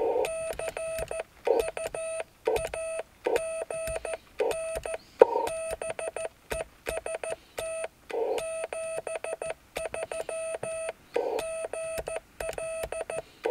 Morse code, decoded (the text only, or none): CU AGN BEST 73 GL